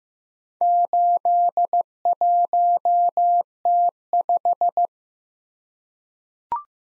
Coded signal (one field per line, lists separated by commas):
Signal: Morse code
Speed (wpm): 15 wpm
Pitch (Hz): 700 Hz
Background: none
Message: 81T5